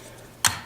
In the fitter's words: that straight down and again it snaps into place and you're